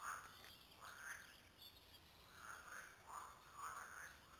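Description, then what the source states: Frogs croaking in a loose chorus of rounded nasal notes. Several frogs, recorded at Lüssow.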